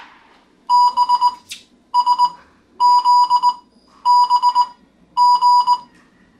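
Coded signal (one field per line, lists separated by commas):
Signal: Morse code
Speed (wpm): 19 wpm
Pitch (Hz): 980 Hz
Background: none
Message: B S Z B G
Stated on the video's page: Morse from an intermediate Morse code class lesson.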